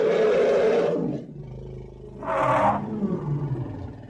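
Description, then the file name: Elephant roar, a long harsh noisy blast lasting about a second, then a shorter brighter burst followed by low rumbling. "Tieng voi keu"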